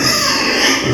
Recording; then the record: squeal of a Yucatan mini pig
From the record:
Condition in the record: before surgery on the right vocal fold (resection and tissue-engineered implant); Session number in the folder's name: 2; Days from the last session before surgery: 0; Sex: male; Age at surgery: 12 weeks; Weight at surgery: 13 kg